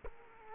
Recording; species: mosquito wingbeat signal from an infrared sensor; Culex quinquefasciatus